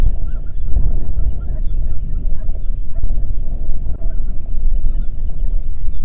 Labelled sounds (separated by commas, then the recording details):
waterfowl, wind
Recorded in the Prudhoe Bay oil fields, Alaska, on 8 June 2019 at 04:18
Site 30